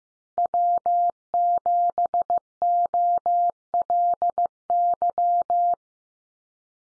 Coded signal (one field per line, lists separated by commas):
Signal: Morse code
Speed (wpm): 14 wpm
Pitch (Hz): 700 Hz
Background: none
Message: W7OLY